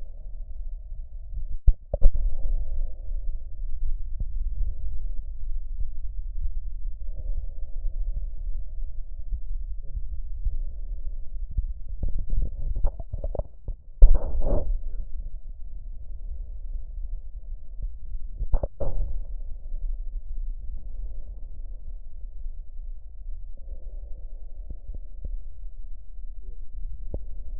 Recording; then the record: lung sounds by stethoscope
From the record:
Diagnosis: emphysema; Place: left posterior upper chest